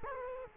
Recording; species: mosquito wingbeat signal from an infrared sensor; Culex quinquefasciatus